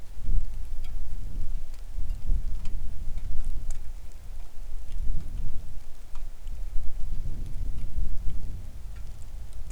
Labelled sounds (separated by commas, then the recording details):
wind, rain
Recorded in the Arctic National Wildlife Refuge, Alaska, on 3 August 2019 at 10:12
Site 41